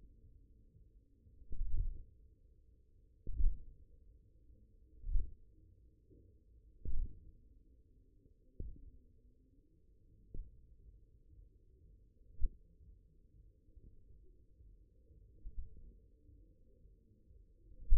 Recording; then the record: forearm muscle sounds (acoustic myography)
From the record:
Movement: index flexion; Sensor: system 1, eight BSWA MPA416 microphones around the upper forearm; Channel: 5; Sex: male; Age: 54 years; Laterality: right